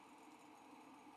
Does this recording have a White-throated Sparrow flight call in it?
no